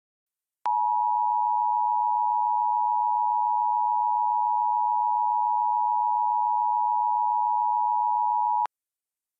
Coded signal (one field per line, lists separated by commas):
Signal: Emergency Alert System (SAME) tones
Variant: 853 and 960 Hz attention tone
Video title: Perpetual Motion - Part 2 (EAS Scenario)